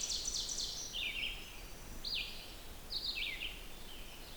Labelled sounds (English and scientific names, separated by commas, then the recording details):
Red-eyed Vireo (Vireo olivaceus) song
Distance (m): 35 m
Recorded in boreal forest in Alberta, Canada, on 16 June 2016 at 08:44
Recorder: SongMeter 3, array SBT-3-32
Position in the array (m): 148 m, 111 m